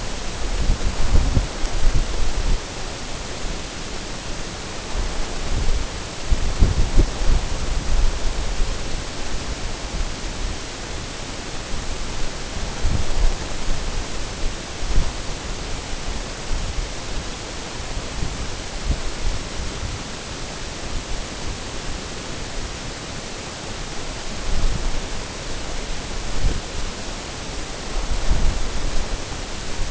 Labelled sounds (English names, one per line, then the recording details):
none
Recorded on Arctic tundra, site NAIT-1, on 19 June 2018
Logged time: 21:00